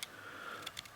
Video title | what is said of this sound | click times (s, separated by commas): Benchmark "Rolox" & CRKT "Rollock 2" (Vintage Folders That Don't Fold...They Slide) | back down and locks in place all | 0.7 s, 0.8 s